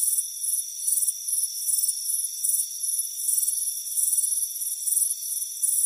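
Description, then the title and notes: Cricket chirps in short bright trills, about two per second, some louder than others, over a steady high-pitched insect hum. Crickets chirping on a warm afternoon, heard from a front porch. "Soothing Crickets Chirping Sound. It's a warm afternoon as you relax in a hammock on the front porch. Relax and fall asleep to the soothing sound of chirping crickets"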